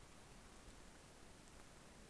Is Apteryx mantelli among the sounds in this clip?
no